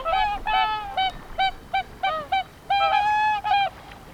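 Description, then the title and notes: Whooper swans give loud, nasal, trumpeting honks in short bursts, some clipped and some drawn out, several birds calling back and forth over about four seconds. Five or six swans singing on the Peene river at Zemitz, Mecklenburg-Vorpommern, Germany; recorded with a TASCAM DR-10 MKII. "Zemitz, Mecklenburg-Vorpommern, Deutschland - Singschwäne sind da. Whooper Swan are there. 5 or 6 Whooper swans singing on Peene river"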